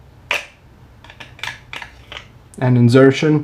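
A second fixed-blade knife is drawn from its molded retention sheath for comparison and clicks sharply out of the retention at 0.3 s. A few lighter clicks and handling sounds follow between about 1.1 and 2.2 s, then someone talks.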